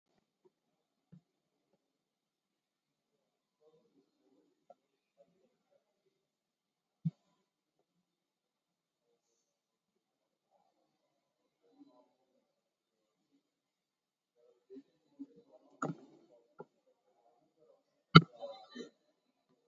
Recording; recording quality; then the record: deep breathing; poor, much background noise or distortion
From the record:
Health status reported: COVID-19 positive, mild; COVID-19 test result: positive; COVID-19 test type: RT-PCR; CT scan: taken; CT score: 10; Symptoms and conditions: sore throat, hypertension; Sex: male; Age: 56 years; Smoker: no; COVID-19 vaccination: one dose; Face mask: worn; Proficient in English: yes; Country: India